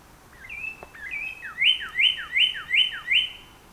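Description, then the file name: Northern Cardinal song: a few slurred whistled intro notes, then five loud sweeping whistles repeated quickly, about three per second, over a quiet background. Recorded 14 April 2018; the recording holds nine songs. "2018-04-14 NOCA-9 Songs"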